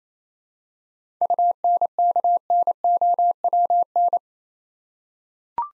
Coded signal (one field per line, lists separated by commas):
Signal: Morse code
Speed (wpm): 27 wpm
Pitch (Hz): 700 Hz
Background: none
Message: UNKNOWN